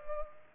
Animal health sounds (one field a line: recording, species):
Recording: mosquito wingbeat signal from an infrared sensor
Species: Culex pipiens